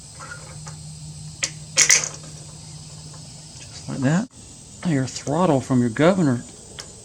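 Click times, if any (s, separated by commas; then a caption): 6.8 s. While a small engine for a tiller is being reassembled, the throttle linkage rod from the governor is fitted into its hole on the governor arm, and someone talks. A single short, sharp snap at 6.8 s marks the rod seating in the hole.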